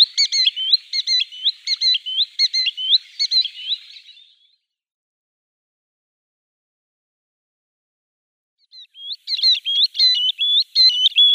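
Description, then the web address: Green sandpiper display: quick run of rising whistled notes for about four seconds, a long silence, then the same lively whistling resumes near the end. "Schulze Peter Green Sandpiper display"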